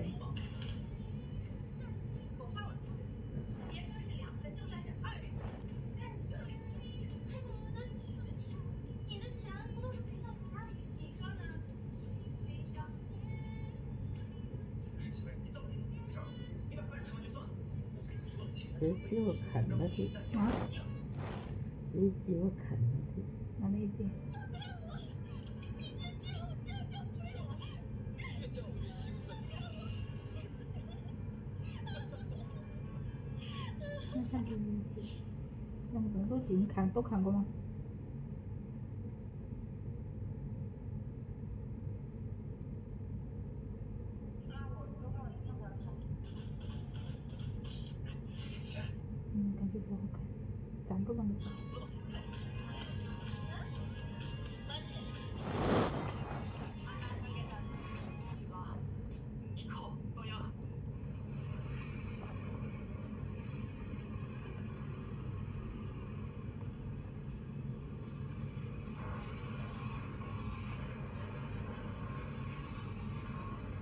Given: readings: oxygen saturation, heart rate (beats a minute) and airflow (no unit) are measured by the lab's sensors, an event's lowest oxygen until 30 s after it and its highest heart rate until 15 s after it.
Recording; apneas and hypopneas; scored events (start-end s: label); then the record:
a person awake in a sleep study, by a smartphone at the bedside; none
0.00-73.82 s: awake
0.00-73.82 s: awake
From the record:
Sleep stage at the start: awake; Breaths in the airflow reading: 30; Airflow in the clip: -0.7 to 0.6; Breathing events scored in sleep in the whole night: 496 in 5.4 hours asleep